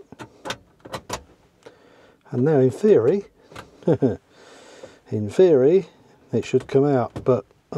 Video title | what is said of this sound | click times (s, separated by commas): Fitting an Android Stereo to my Vauxhall Tigra... | so we stick that in there like that and push it in Click Click | 0.5 s, 1.1 s